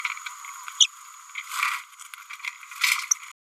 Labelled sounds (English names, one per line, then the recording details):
Green-rumped Parrotlet babbling
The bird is a male
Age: 29 days
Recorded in a nest box in Venezuela
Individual 17B102A4